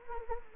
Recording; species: mosquito wingbeat signal from an infrared sensor; Anopheles gambiae